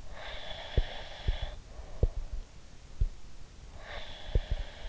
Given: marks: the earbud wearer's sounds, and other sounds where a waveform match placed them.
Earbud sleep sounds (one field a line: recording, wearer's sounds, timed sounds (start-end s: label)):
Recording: sounds in sleep by an in-ear microphone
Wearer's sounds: breath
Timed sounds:
0.00-2.66 s: breath
0.61-3.15 s: sound from someone else or the room
3.80-4.77 s: breath